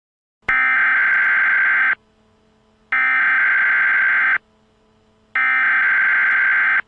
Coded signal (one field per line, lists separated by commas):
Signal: Emergency Alert System (SAME) tones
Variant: header bursts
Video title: EAS local area emergency